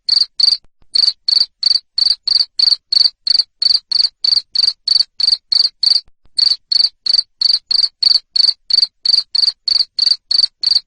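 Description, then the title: Cricket giving loud, regular chirps roughly three per second, each a short rasping pulse, with short breaks early and just past the middle. Loud cricket chirping used to stimulate lovebirds into continuous chattering song. "Suara JANGKRIK NGERIK Keras Bikin LOVEBIRD Jadi NGEKEK Terus Vubey"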